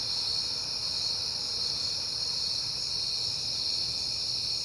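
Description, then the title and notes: Dense cricket chirping, a constant layered high trill, accompanied by faint rushing background noise and a low hum. Crickets recorded on a peaceful night in September. "Night Time: Crickets and Passing Cars. It is September and I have been hearing the crickets a lot, but finally had a peaceful night to make the recording"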